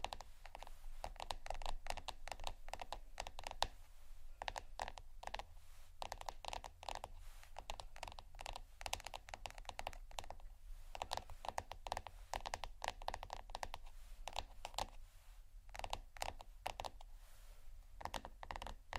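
Quick, dense plastic and glass tapping and rattling clicks continue throughout, over a steady low hum with faint scratching.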